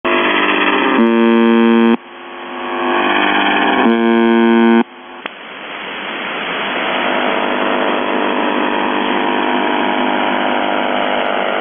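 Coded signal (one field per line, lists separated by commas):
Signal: channel marker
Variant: UVB-76 (The Buzzer)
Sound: two harsh one-second low buzzes three seconds apart, then steady hissing static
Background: radio static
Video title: The Buzzer/UVB-76(4625Khz) October 4, 2021 13:11UTC Voice message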